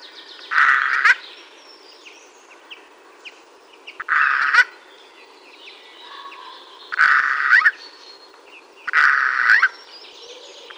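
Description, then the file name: Eurasian jay giving four grating, nasal calls spaced two to three and a half seconds apart, each with a crisp click, against a steady low hiss. "Garrulus glandarius"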